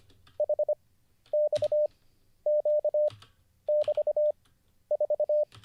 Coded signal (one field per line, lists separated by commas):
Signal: Morse code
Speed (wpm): 25 wpm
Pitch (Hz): 600 Hz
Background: none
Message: HXQ<BT>4